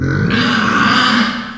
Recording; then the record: squeal of a Yucatan mini pig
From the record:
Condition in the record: after surgery on the right vocal fold (resection and tissue-engineered implant); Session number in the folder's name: 15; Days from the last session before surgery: 175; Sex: female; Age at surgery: 19 weeks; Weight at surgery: 25 kg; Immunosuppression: prednisolone